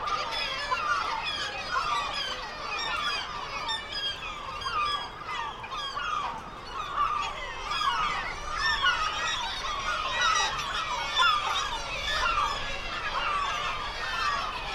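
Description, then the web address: Black-legged kittiwake calls: repeated nasal, rising-falling cries from a crowd of birds, the chorus swelling and easing over about fifteen seconds. "Black legged kittiwake. صدای-پرنده-کاکایی-پاسیاه"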